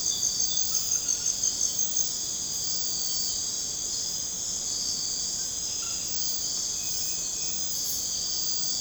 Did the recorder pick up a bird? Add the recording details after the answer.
yes. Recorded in secondary vegetation near Puerto Asís, Putumayo, Colombia, on 13 March 2025 at 02:00. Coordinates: 0.485, -76.322. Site G040